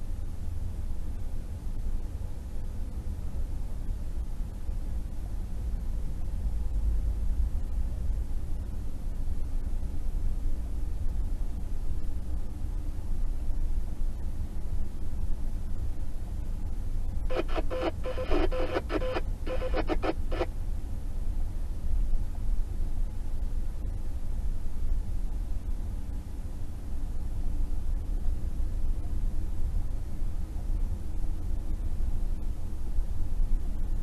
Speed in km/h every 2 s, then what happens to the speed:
23, 23, 23, 24, 26, 27, 27, 27, 26, 26, 26, 26, 26, 27, 29, 29, 29.
0-34 steady at about 26.